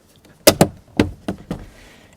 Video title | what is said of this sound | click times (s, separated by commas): 1992 - 2000 GM OBS SUV Truck Front Power Door Lock Actuator Solenoid Replacement (Chevy & GMC) | this little trim piece just snaps back in here on these clips | 0.6 s, 1.0 s